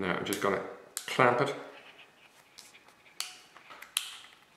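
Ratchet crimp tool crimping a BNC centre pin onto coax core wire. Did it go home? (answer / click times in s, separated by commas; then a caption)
yes / 4.0 s. A ratcheting crimp tool squeezes the metal BNC centre pin onto the core wire of RG59 coax while someone talks. Light scratching and mechanical ticks follow the speech. A sharp click at 4.0 s marks the ratchet releasing at full crimp, confirming the crimp is complete.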